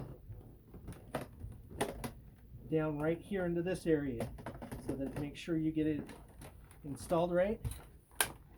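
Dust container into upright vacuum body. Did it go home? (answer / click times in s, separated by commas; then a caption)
yes / 8.2 s. An emptied plastic dust container is lowered into its slot on a cordless Regina upright vacuum, with a few short handling knocks early on while someone talks. It is pushed back until it clicks into place at 8.2 s, seating the dustbin.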